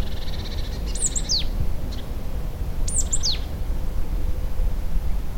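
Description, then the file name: Marsh tit calls: two quick bursts of sharp, high notes that slide steeply downward, about two seconds apart, over a steady low rumble. "Poecile palustris"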